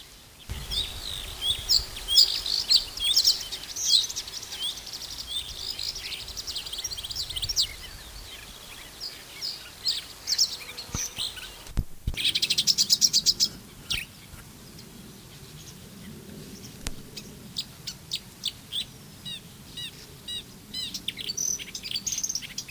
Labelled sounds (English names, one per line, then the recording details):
Marsh Warbler song
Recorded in the wild
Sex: male
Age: adult
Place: Berlin, OT Blankenfelde, Berlin, DE
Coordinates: 52.6375, 13.4131
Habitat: gravel-pit lake
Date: 1983-07-02 10:03
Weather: sunny, 16-20 °C
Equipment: Nagra SN, Kopie Uher 4000 Monitor Report
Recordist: Tembrock, Günter